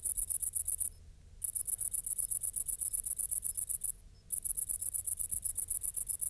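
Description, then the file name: Great green bush-cricket song, a shrill rapid ticking trill running continuously, broken twice by short pauses. "Tettigonia viridissima"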